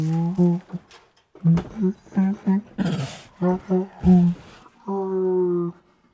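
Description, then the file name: Siberian tiger giving deep, choppy moaning calls in quick bursts of low pulses, a breathy rasp in the middle, and one longer, steady moan near the end. Distressed moans of a Siberian tiger. "Siberian Tiger Distressed Moans 2 [Sound Ideas]"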